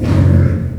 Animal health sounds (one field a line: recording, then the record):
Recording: squeal of a Yucatan mini pig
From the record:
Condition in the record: after surgery on the right vocal fold (resection and tissue-engineered implant)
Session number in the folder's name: 7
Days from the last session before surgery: 47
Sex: female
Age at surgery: 19 weeks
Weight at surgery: 25 kg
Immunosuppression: prednisolone